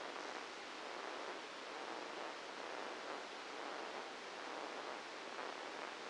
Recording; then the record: brain microelectrode recording played as sound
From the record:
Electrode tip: inside the subthalamic nucleus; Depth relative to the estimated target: 0 mm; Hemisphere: left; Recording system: NeuroSet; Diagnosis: Parkinson's disease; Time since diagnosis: 8 years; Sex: male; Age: 59 years